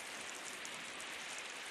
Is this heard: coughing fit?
no